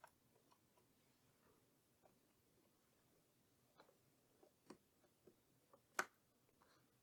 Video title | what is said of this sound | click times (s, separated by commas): HOW TO BUILD A PC FOR BEGINNERS - EPISODE 2 - THE MOTHERBOARD - RYZEN 5900X - NVME - RAM INSTALL - | There's a click. See the angle? Now you press down. | 6.0 s